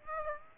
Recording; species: mosquito wingbeat signal from an infrared sensor; Aedes aegypti